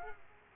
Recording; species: mosquito wingbeat signal from an infrared sensor; Culex quinquefasciatus